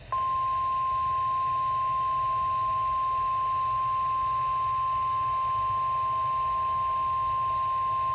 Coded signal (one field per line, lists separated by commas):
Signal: Emergency Alert System (SAME) tones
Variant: 1050 Hz attention tone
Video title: RWT On WNG538 EAS #723 (7/3/24)